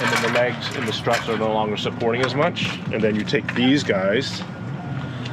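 Someone talks throughout while handling an awning support strut, which is about to go into its mounting clip once the awning has been cranked back in and the legs in the straps are no longer supporting as much. A brief sharp sound comes at 5.3 s, but the strut has not seated or clicked into place yet.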